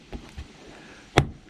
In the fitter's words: there it is you heard it pop